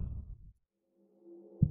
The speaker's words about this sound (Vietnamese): Tiếng thở dốc của Hận xen lẫn tiếng nhịp tim đang đánh như trống trận của hắn